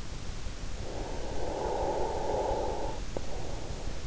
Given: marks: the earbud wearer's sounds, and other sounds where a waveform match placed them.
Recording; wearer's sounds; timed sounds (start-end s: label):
sounds in sleep by an in-ear microphone; snoring breath
0.78-3.95 s: snoring breath